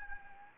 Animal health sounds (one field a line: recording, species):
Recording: mosquito wingbeat signal from an infrared sensor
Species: Anopheles gambiae